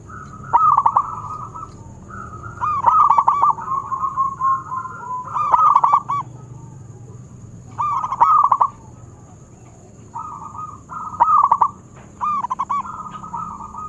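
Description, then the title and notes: Zebra dove cooing in repeated stuttering bursts with soft trills between them, every few seconds, over a constant faint high-pitched whine. Long-duration lure recording of a zebra dove singing prolifically (described as gacor). "Pancingan Perkutut Durasi Panjang. Suara Burung Perkutut Gacor"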